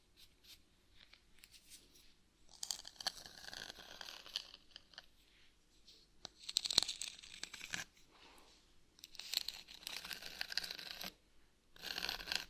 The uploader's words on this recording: ASMR Brain Melting Scratching (No Talking).